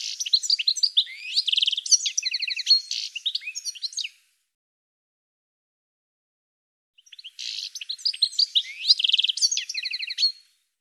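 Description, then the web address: Bird song of rapid, jumbled high chirps, rising slurs and rattling trills, delivered in two long phrases split by a three-second silence. "cianscape birddata Deverinetal 2025 File cleaned normalized Bird"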